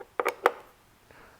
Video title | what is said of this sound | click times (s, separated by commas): 2024 Harley Davidson Road Glide Stage 2 Rockford Fosgate Amp Fairing speakers install #431 | okay so this is the harness is locked into place give you a look four bolts | 0.2 s, 0.5 s